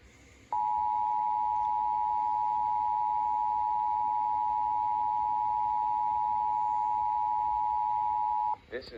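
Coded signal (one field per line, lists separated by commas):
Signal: Emergency Alert System (SAME) tones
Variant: 853 and 960 Hz attention tone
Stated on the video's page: Blue Alert cancellation message.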